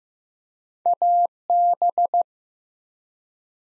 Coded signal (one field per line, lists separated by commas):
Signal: Morse code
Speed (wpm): 15 wpm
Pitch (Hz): 700 Hz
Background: none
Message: AB